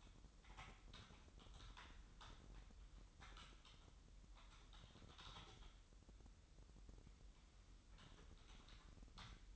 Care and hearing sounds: daily activity, microphone in the room; typing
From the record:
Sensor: 3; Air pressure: 988.8 hPa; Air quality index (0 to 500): 205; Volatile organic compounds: 442 ppm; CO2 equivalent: 4738 ppm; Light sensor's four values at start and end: 25/81/33/30 and 25/81/33/30

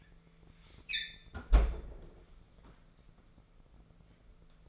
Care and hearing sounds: daily activity, microphone in the room; close fridge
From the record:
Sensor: 5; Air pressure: 1015.0 hPa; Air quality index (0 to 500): 180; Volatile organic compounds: 7 ppm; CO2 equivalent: 1974 ppm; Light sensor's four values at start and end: 50/118/48/51 and 47/107/45/47

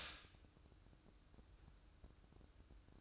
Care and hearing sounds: daily activity, microphone in the room; stop toaster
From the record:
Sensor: 2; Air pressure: 1007.1 hPa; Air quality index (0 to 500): 38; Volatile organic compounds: 1 ppm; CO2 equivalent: 535 ppm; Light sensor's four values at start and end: 6/14/6/6 and 6/14/6/6

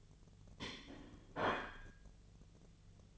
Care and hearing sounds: daily activity, microphone in the room; place plate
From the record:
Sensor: 4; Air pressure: 1010.2 hPa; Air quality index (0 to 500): 180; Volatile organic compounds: 5 ppm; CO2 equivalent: 1829 ppm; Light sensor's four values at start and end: 30/91/35/35 and 30/91/35/35

